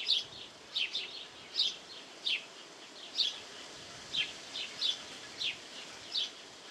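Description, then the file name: House sparrow call, bright clipped chirps spaced irregularly, sometimes doubled, against light background noise. "Passer domesticus"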